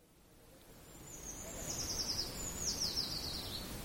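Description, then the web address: Eurasian treecreeper song, two clear high-pitched phrases, each a fine trill falling gradually in pitch, against soft low background noise. "linnut puukiipija"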